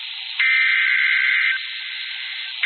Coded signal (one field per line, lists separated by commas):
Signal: Emergency Alert System (SAME) tones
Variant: header bursts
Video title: Severe Thunderstorm Warning (Streamed) (EAS Alert #581)